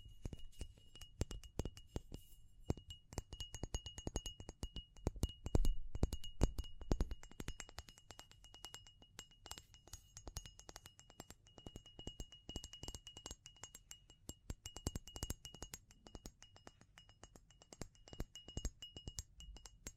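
Rapid tapping and scratching fill the whole clip, a dense run of sharp clicks with small clinking, glassy ticks. The taps come irregularly but almost without pause, heaviest around five to seven seconds. A thin, steady high tone hums faintly underneath.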